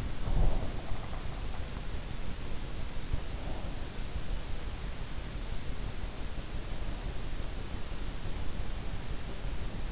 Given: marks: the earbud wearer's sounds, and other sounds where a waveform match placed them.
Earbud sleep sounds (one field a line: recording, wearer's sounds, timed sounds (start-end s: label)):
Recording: sounds in sleep by an in-ear microphone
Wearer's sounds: breath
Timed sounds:
0.00-0.74 s: breath